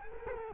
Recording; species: mosquito wingbeat signal from an infrared sensor; Culex quinquefasciatus